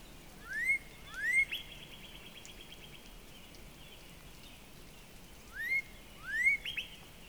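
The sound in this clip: Northern Cardinal song: pairs of clear whistled notes sliding upward, given twice with a pause between, with a faint buzzy trill after the first pair and steady background hiss.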